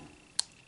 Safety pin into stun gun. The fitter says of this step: you heard that click write reason being is if it's not an all the way it's not gonna work all the way okay so it's in